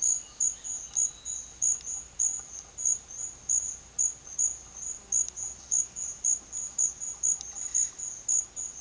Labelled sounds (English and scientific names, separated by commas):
none